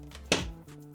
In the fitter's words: you hear that snap sound, which is what you want to hear.